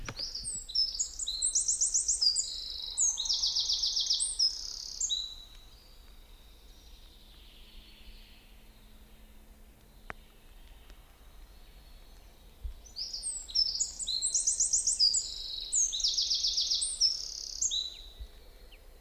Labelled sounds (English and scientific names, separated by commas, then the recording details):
Eurasian Wren (Troglodytes troglodytes) song
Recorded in the wild
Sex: male
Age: adult
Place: Schönow, Naturpark Barnim, Brandenburg, DE
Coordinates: 52.705, 13.5092
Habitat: pine wood
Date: 2005-04-10
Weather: cloudy, 0°C, no wind
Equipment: Tascam DA-P1, Sennheiser MKH 70, Windschutz
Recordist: Frommolt, Karl-Heinz